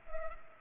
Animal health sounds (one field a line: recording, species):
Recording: mosquito wingbeat signal from an infrared sensor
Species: Culex pipiens